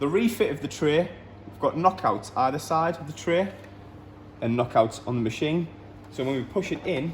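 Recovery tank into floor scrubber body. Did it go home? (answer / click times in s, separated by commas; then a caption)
no / none. The recovery tank of a Truvox Multiwash 340 battery floor scrubber is being refitted onto the machine, with knockouts on either side of the tank meant to lock into knockouts on the machine so it will pick up water. Someone talks throughout, with no sharp knocks or other sudden sounds. Nothing has seated or clicked into place yet.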